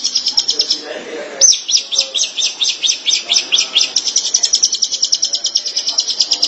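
Shrike song of quick, high, repeated chips that speed into a steady, shimmering trill lasting several seconds.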